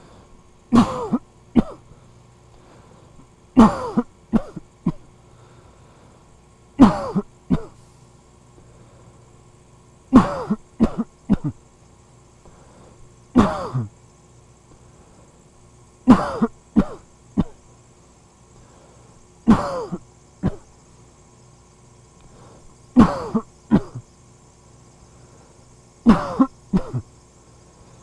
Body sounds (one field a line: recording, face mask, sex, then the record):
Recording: voluntary coughing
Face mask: surgical mask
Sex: male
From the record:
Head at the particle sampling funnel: facing it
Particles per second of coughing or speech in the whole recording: 1.85